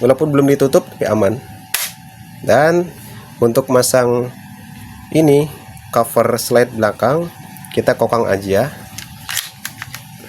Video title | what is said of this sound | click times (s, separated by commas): Full Review EBB HBB Glock17 Gen4 | Nah, sampai terkunci ya. | 9.6 s